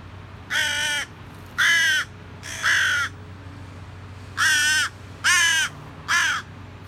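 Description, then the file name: Carrion crow cawing in hoarse, grating bursts, six calls spaced unevenly about a second apart, with faint low rumble underneath. "Corvus corone"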